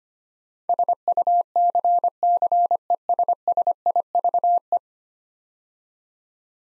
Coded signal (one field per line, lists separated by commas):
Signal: Morse code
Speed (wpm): 25 wpm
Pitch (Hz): 700 Hz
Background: none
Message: SUCCESSIVE